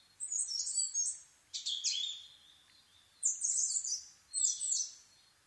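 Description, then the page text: Asian brown flycatcher song of four high, rapid twittering phrases with buzzy, squeaky notes, each about half a second to a second long. Nikko, Japan, 26 April 2011 at 4:39, altitude 730 m; Sony PCM-D50 recorder with Panasonic WM-61A microphone. "kosamebitaki 20110426-0439. Muscicapa dauurica [Sounds -Nikko Today-]. 4/ 26 2011, 4:39. alt=730m"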